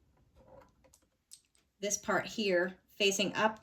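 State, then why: Not seated. A loaded bobbin case is being put back into the bobbin housing of a Brother XL-2027 sewing machine and turned so its tab faces up before it is pushed home, handled carefully because it may fall out. Faint rustling and small handling taps come at about 0.9, 1.3 and 1.6 s, and then someone talks. Nothing has seated or clicked yet.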